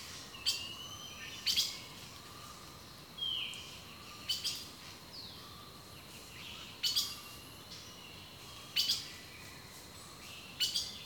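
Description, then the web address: Bird giving sharp high chips, often paired, every couple of seconds, with a brief slurred whistle between. Rainforest birdsong. "The Natural Sounds of the Wilderness Echoes of Nature - Rainforest Birdsong"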